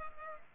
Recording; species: mosquito wingbeat signal from an infrared sensor; Culex pipiens